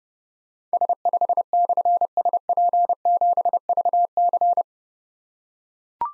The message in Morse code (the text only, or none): S5/SP7VC